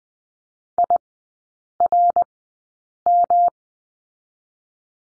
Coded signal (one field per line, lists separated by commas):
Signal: Morse code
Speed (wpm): 20 wpm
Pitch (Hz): 700 Hz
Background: none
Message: IRM